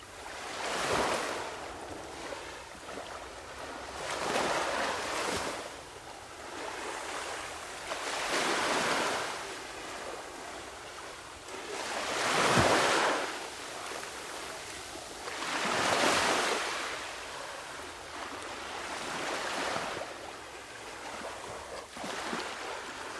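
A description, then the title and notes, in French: Waves wash onto a sandy beach in a steady rhythm, with fuller surges near 8, 12 and 16 seconds over constant hissing surf. Vagues sur la plage de sable. Nous avons capturé une heure de sons de vagues de plage détaillés, presque binauraux. Cet enregistrement a été réalisé pendant un moment d'immobilité parfaite, avec un minimum d'interférences de vent.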